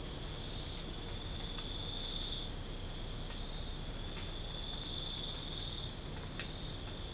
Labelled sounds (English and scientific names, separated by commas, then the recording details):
none
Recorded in pastures near Puerto Asís, Putumayo, Colombia, on 20 December 2024 at 02:30
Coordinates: 0.496, -76.326
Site G004